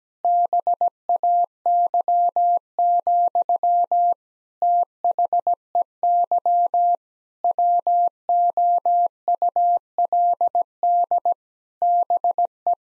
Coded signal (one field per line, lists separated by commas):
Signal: Morse code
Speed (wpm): 17 wpm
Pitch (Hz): 700 Hz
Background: none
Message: BAY, THEY WOULD BE